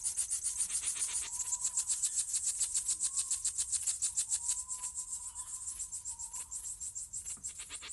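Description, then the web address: Crickets chirping in quick, even high-pitched pulses throughout, with a faint low whistled tone drifting beneath. Summer night ambience. "sonniss gdc audio. crickets owls summer night"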